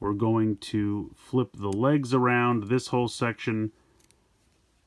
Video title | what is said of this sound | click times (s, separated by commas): Core Class Ravage Update! Transformers Studio Series | will rotate around and then click into place and you want to make sure that that is clicked all the way into place | 4.1 s